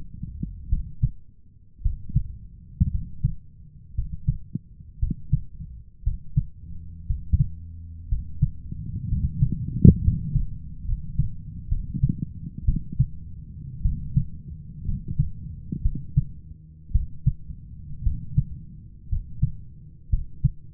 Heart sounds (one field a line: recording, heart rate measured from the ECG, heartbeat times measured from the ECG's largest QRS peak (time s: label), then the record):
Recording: heart sounds by stethoscope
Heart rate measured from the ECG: 59 bpm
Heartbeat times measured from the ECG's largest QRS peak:
0.68 s: heartbeat
1.81 s: heartbeat
2.90 s: heartbeat
3.94 s: heartbeat
4.98 s: heartbeat
6.02 s: heartbeat
7.05 s: heartbeat
8.08 s: heartbeat
9.07 s: heartbeat
10.01 s: heartbeat
10.84 s: heartbeat
11.68 s: heartbeat
12.64 s: heartbeat
13.81 s: heartbeat
14.84 s: heartbeat
15.81 s: heartbeat
16.91 s: heartbeat
18.02 s: heartbeat
19.08 s: heartbeat
20.09 s: heartbeat
From the record:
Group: healthy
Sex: male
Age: 23 years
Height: 178 cm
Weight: 96.6 kg